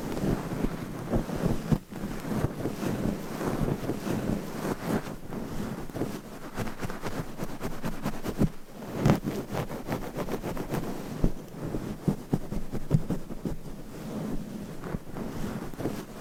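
Layered scratching on a microphone, a dense, continuous rough rasp weighted toward the low and middle range. Rapid scrapes and ticks pile up without pause, the level staying fairly even apart from brief dips near two seconds and around nine seconds.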